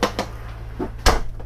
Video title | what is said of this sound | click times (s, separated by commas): EXPLORE THE 2022 KOUNTRY STAR WITH MEGAN STOUDER. | going to come all the way out until you hear that click | 0.0 s, 0.2 s